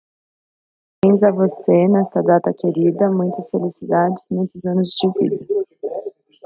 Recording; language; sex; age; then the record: short text; Brazilian Portuguese; female; 20 to 29 years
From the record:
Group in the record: control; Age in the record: 23 years